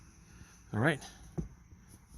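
Someone briefly talks while a plastic trim cover is handled over the sun visor mount on the headliner of a 2012 RAV4 during a lighted sun visor replacement, to be pressed in so its clips spread and snap into the mount. A short, faint handling tap is heard around 1.4 s. The cover has not seated or clicked yet.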